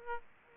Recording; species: mosquito wingbeat signal from an infrared sensor; Aedes aegypti